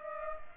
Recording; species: mosquito wingbeat signal from an infrared sensor; Culex pipiens